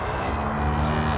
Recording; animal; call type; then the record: contact call of a hoofed animal; cattle; low-frequency (closed-mouth) or high-frequency (open-mouth) call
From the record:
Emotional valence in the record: negative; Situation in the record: full separation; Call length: 1.18 s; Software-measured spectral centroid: 1810 Hz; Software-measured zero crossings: 1590 a second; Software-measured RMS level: -24 dBFS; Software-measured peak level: -10 dBFS